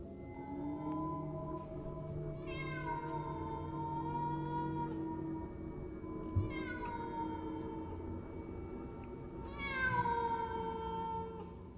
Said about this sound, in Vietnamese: Tiếng mèo văng vẳng cất lên từ phía khu vườn tối tăm, chỗ giáp ranh hai nhà.